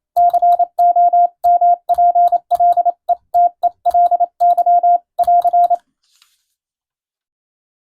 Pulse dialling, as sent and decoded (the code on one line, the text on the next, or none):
none